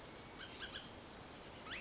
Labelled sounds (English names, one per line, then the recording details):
Bullock's Oriole
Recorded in Sonoma County, California